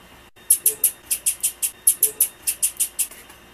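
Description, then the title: Blue-black grassquit calling, a rapid series of very high, sharp ticking notes. Female. "Piado De Fêmea De Tiziu"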